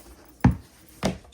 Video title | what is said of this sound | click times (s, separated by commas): Is this luxury brand a scam? HONEST REVIEW of BURGA phone case and power bank | so there we go. Just snaps right in. | 0.4 s, 1.1 s